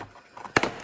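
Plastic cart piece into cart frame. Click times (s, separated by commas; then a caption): 0.6 s. A stubborn plastic piece of a no-tools storage cart, which would not go in easily, is worked into the cart frame with soft fiddling taps. It snaps home with a sharp click at 0.6 s, followed by a quick smaller rattle, and the piece is seated.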